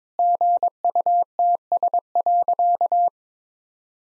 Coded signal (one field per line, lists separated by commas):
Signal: Morse code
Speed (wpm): 22 wpm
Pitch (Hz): 700 Hz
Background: none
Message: GUTS.